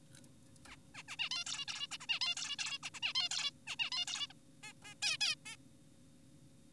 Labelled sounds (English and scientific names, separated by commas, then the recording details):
Zebra Finch (Taeniopygia guttata)
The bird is an adult
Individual g4p5U